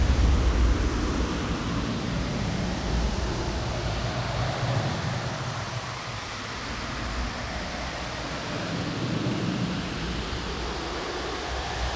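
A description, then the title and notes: Wind on a warm but windy planet blows as a steady, dense rush, heaviest in a deep low rumble with a fainter hiss above. Its strength swells slightly at the start and again near the end, dipping a little around the middle, without distinct gusts. Warm But Windy Planet.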